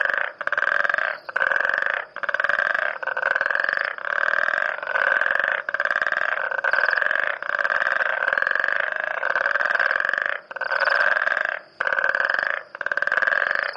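Frog calling in rough, buzzy bursts of about a second each, repeated with only short breaks.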